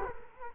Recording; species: mosquito wingbeat signal from an infrared sensor; Culex quinquefasciatus